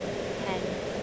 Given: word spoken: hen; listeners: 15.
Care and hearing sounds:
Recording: one English word in noise, from a listening test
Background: speech-shaped noise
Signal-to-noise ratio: -5.7 dB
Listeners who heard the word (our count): 4 of 15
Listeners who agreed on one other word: 7 of 15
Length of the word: 0.63 s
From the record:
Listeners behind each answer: 7, 4, 1, 1, 1, 1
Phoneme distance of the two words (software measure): 10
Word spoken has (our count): 1 syllable, 3 phonemes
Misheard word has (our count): 1 syllable, 3 phonemes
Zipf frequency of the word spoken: 3.96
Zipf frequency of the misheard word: 4.37

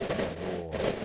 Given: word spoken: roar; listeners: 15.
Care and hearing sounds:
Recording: one English word in noise, from a listening test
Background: noise modulated by three-talker babble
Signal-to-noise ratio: -4.6 dB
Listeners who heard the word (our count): 2 of 15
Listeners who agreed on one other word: 9 of 15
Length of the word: 0.65 s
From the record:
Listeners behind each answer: 9, 2, 1, 1, 1, 1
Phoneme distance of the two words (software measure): 10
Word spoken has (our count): 1 syllable, 3 phonemes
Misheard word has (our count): 1 syllable, 3 phonemes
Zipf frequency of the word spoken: 4.13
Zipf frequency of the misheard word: 5.34

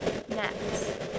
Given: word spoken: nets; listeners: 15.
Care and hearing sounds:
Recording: one English word in noise, from a listening test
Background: noise modulated by three-talker babble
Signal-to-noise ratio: -4.0 dB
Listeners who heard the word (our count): 2 of 15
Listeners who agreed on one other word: 9 of 15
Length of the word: 0.79 s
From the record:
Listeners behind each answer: 9, 3, 2, 1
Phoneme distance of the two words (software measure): 17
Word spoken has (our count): 1 syllable, 4 phonemes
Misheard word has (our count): 1 syllable, 5 phonemes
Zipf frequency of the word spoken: 3.71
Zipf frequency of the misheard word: 5.89

